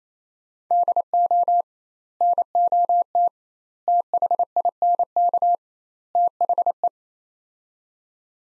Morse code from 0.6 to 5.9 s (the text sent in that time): DO NOT THINK